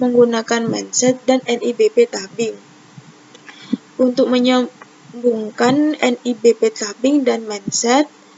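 A non-invasive blood pressure cuff hose connector is being handled at the port of a patient monitor, ready to be pushed into its socket. Someone talks throughout, with two faint short ticks around 3.4 s and 3.5 s during a pause. Nothing has seated or clicked yet.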